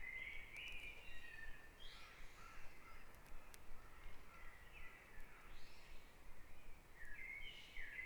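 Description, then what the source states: Dawn birdsong in short overlapping phrases separated by brief gaps, over a constant low background rumble. Dawn chorus on Back Dragon Avenue, Harrogate; part of the Sound Map of Harrogate.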